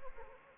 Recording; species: mosquito wingbeat signal from an infrared sensor; Anopheles arabiensis